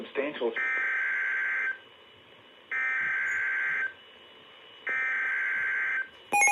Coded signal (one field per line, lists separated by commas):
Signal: Emergency Alert System (SAME) tones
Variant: header bursts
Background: speech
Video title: Tornado warning (EAS #209) (Radios: Midland WR400, ER310) 11-4-22 at 5:56PM